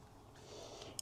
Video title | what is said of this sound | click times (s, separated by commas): Luxury 4 Bed - Lift - Blythswood Square Apartment | And you'll feel it click into place. | 1.0 s